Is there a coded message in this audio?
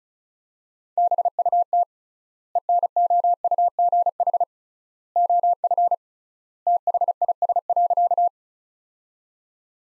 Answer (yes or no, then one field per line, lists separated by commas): yes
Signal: Morse code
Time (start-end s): 1.0-8.3 s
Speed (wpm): 36 wpm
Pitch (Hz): 700 Hz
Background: none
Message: BUT ENOUGH OF THIS.